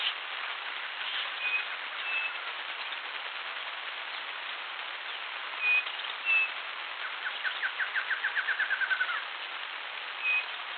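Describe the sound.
Bird with faint early notes, then paired high whistles and a quick descending trill of short notes, set in steady hiss.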